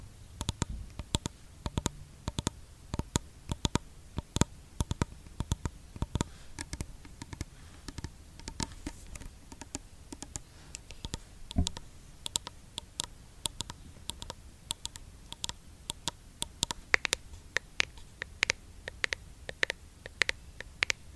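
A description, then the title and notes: Fingers tap a skincare product in a quick, uneven run of sharp, bright clicks over a faint steady hum throughout. Skincare product tapping. Blue yeti microphone.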